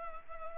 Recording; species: mosquito wingbeat signal from an infrared sensor; Culex pipiens